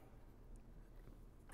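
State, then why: Not seated. A camera payload is lined up red dot to red dot with the gimbal mount on an Autel Dragonfish drone and set on before being twisted to lock. Only soft, low handling noise is heard, with a brief brighter scrape near the end. Nothing has clicked or locked yet.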